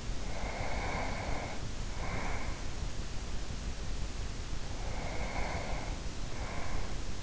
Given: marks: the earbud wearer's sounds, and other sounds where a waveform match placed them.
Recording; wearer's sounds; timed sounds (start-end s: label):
sounds in sleep by an in-ear microphone; breath
0.25-2.90 s: breath
4.87-7.23 s: breath